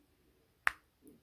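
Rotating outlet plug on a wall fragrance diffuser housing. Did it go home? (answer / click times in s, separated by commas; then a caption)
yes / 0.7 s. The rotating outlet plug on a Bath and Body Works Scent Switching Wallflower Duo wall fragrance diffuser housing is turned to the right. It gives one sharp click at 0.7 s as it locks into the right-hand position, ready to go, followed by a faint softer sound around 1.1 s.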